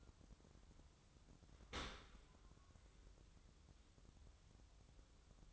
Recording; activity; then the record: daily activity, microphone in the room; open dishwasher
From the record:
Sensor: 3